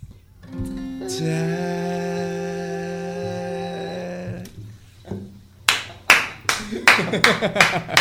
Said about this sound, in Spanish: Sí, señor, aplausos aquí, aplausos nunca en los otros estudios. Hacemos acústicos y queda muy claro por qué.